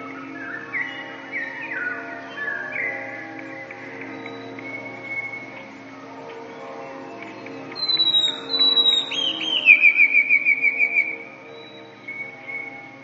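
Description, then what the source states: Eurasian blue tit song: several thin high notes, then a rapid silvery trill of even notes, with a low steady hum throughout. Song (śpiew).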